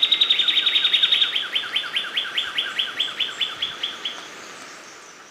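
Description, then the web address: Sepia-brown wren giving a fast chattering series of sharp down-slurred notes, about four per second, steadily fading over four seconds. Recorded in Ecuador. "Natures Songs S America Birds of Ecuador Sepia-brown Wren"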